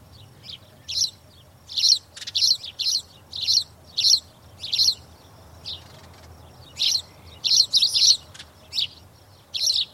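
Spanish sparrow chirping, a busy run of bright chirps over a low background hum.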